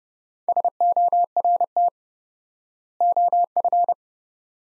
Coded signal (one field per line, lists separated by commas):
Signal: Morse code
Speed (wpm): 30 wpm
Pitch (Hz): 700 Hz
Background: none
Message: SORT OF